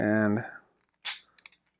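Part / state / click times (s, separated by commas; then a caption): plastic rock structure piece into the playset base / seated / 1.5 s. A plastic rock structure piece from an action figure set is pressed into the playset base while someone talks. After a broadband rustle of handling, a sharp click at 1.5 seconds marks the piece snapping into place, followed by a few faint ticks, and it is confirmed seated.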